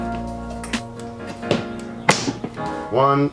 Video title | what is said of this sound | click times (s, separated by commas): I got him a Lamborghini for his birthday! | wedge it in there and it clamps in | 2.1 s